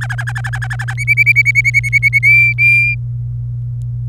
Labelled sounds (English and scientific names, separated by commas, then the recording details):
Domestic Canary (Serinus canaria) song
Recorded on 27 April 2018 at 08:29
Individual llb3